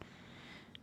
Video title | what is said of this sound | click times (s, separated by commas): Christmas Premiere 2024 | it's a tight fit oh man that thing snaps right in look at that | 0.0 s, 0.8 s